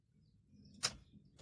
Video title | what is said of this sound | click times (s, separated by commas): ازاى تحمى سيارتك من السرقة (حماية العربية من السرقة) | اهي صوت التكه دي كده انت كده ا مسوق الدركسيون | 0.9 s